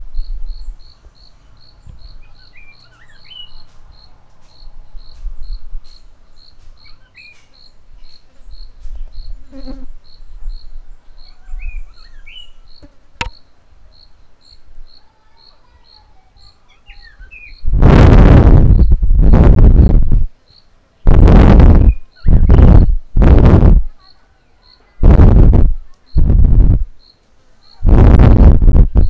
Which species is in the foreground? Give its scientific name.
Sylvia abyssinica